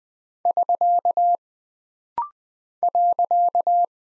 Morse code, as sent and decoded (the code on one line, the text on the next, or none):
...-.- / .-.-.-
<SK> .